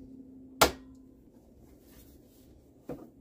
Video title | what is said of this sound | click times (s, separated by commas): Airbrush Kit & Spray Booth Unboxing | gonna make sure these snap into place there you | 0.6 s